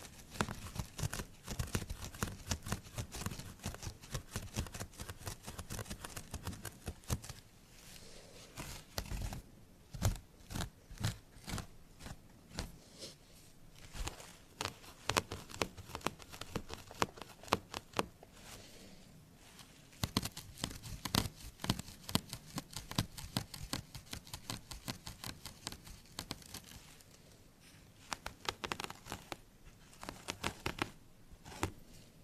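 Small scratching strokes rasp across carpet, wood and plastic surfaces in quick, dense bursts of dry, crackly clicks. The scratching comes in busy runs separated by brief quieter pauses around the eighth, nineteenth and twenty-eighth seconds, with a faint low rumble underneath.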